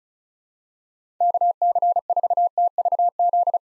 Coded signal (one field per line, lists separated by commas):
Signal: Morse code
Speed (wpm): 36 wpm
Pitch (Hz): 700 Hz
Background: none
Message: KC4TVZ